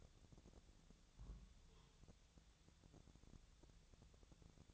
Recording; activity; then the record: daily activity, microphone in the room; place on stove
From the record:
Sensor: 3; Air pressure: 999.4 hPa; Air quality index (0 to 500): 195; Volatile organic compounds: 42 ppm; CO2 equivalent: 3180 ppm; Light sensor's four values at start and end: 8/18/7/7 and 8/18/7/7